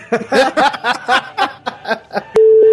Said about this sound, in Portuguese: Você tá ligado que a única palavra que eu vou bipar aí é v***, né?